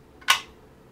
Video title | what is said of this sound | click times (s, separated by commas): My NEW Daily Driver (-20g) - G Pro X Superlight Unboxing & First Impressions | magnet pulls the reverse but you heard that satisfying click right that's when you know you have the magnets oriented in the right direction | 0.3 s